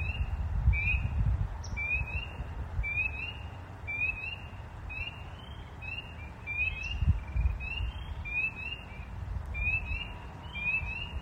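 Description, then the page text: Spring peepers calling, many short upslurred peeps repeated rapidly and overlapping in a steady chorus, over a low rumbling background. Recorded in Maryland. "Maryland Biodiversity. Spring Peeper ( Pseudacris crucifer )"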